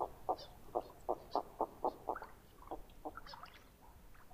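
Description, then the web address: Northern pintail calls: a run of short low notes, followed by scattered fainter higher calls. "Songs of Birds of North America Know Your Bird Sounds. Northern Pintail"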